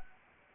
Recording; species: mosquito wingbeat signal from an infrared sensor; Anopheles arabiensis